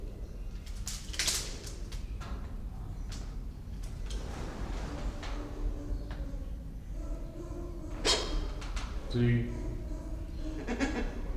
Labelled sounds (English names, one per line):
Silvery-cheeked Hornbill